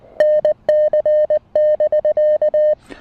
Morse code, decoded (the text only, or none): NC <BK>